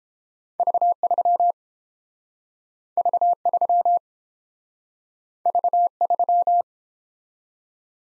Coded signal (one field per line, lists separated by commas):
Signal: Morse code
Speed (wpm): 30 wpm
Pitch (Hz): 700 Hz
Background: none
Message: V3 V3 V3